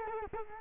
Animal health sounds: mosquito wingbeat signal from an infrared sensor; Culex quinquefasciatus

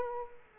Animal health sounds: mosquito wingbeat signal from an infrared sensor; Culex quinquefasciatus

